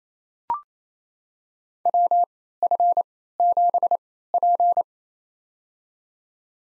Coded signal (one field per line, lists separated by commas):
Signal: Morse code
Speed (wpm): 28 wpm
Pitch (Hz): 700 Hz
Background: none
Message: WF7P